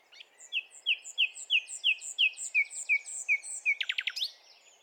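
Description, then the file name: Common nightingale song: a steady series of clear, slurred whistled notes repeated evenly, ending in a fast rattling burst. "Luscinia megarhynchos"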